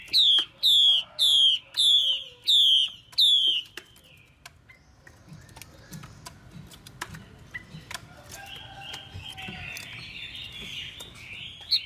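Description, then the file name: Chinese hwamei giving six strong, falling whistled notes in quick regular succession, then quieter rambling warbles and ticks follow. Female hwamei calls used to stimulate a male. "Tieng chim hoa mi mai kich trong"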